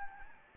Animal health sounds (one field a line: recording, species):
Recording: mosquito wingbeat signal from an infrared sensor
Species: Anopheles gambiae